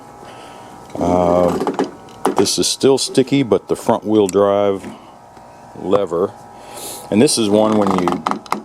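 Someone talks while handling the sticky front-wheel-drive control lever on a Craftsman lawn mower's handle, pushing it toward its locking detent, with sharp knocks at about 2.3 and 8.5 seconds. Nothing has seated or clicked into place yet.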